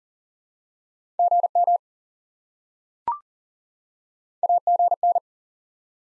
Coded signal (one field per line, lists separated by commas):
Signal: Morse code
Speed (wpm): 39 wpm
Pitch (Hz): 700 Hz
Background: none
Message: GM AGN